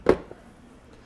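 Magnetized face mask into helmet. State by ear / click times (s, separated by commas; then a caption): seated / 0.1 s. A 3D-printed resin face mask held by magnets is pressed into a printed helmet dome and snaps into place with a sharp, loud click at 0.9 s, followed by a much softer tap at 0.3 s. The mask is seated. Wait—correct timing: A 3D-printed resin face mask held by magnets is pressed into a printed helmet dome and snaps into place with a sharp, loud click at 0.1 s, followed by a much softer tap around 0.3 s. The mask is seated in the helmet.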